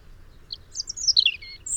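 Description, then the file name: European robin with a short, varied run of very high, thin notes that slur downward, ending with a sharp, piercing high note. "Erithacus rubecula"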